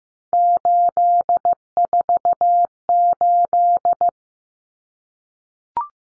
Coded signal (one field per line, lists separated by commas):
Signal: Morse code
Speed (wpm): 14 wpm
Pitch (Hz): 700 Hz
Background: none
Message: 848